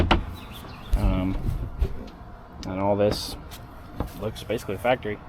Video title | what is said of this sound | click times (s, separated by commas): CF Moto Uforce 1000 TeamMSC Half-Doors | and then so the latch will go here, which will click in right there, | 0.1 s